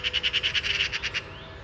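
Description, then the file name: Eurasian magpie making a quick, dry rattle of about a dozen rapid chack notes, lasting barely over a second. "Pica pica"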